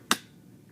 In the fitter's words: you'll hear it snap in and it's not we were so